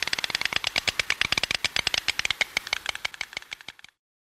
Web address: Uzbek hayvonlar. Ciconia ciconia